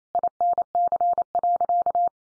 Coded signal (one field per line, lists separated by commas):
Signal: Morse code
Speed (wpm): 28 wpm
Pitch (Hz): 700 Hz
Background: none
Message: INC.